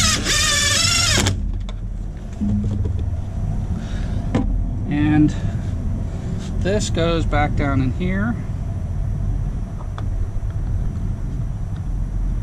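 A plastic interior door trim piece near the door handle of an F-150 truck door panel is handled and lowered back into position while someone talks. A loud tonal sound opens the clip and stops at about 1.3 s, followed by a few brief handling knocks under a steady background hum. The clip ends before the trim piece snaps in, so nothing has seated yet.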